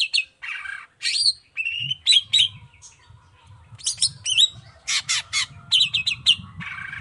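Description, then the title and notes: Long-tailed shrike pouring out varied chatter of whistles, harsh squeals and rapid trills, with a low rumbling noise in the background. Cendet singing vigorously in the morning with the 'toet toet' variation, clear-voiced and fully varied; a tutor song easy for any cendet to imitate. "Cendet Gacor Dor Di Kala Pagi Toet Toet Variasi Suara. Cendet Gacor Suara Jernih Full Variasi. Burung cendet"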